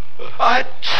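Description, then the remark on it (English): A single loud sneeze, a short breathy intake followed by a harsh, hissing burst of air, with a second noisy gust trailing right after. “Bless you.”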